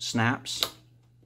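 A RAM memory module is handled at a motherboard DIMM memory slot while someone talks, with a brief tick partway through. The module has not seated or clicked into the slot yet.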